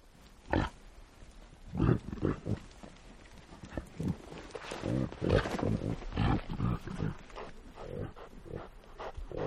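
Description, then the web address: Reindeer grunts, low and raspy, coming in irregular short pulses over a steady rough background. "el sonido del grunido de los renos"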